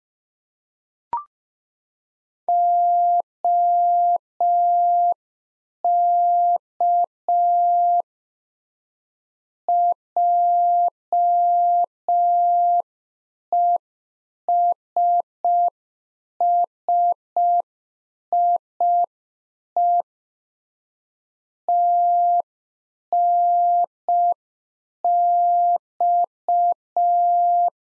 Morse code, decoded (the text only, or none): OK JESSIE TNX